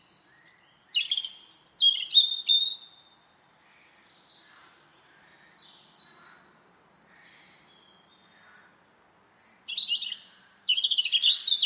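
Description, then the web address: Bird singing busy, high-pitched twitters with sharp downslurred notes, quieter scattered chirps in the middle, and a strong chattering phrase again at the end. "cianscape birddata Deverinetal 2025 File origin Bird Only"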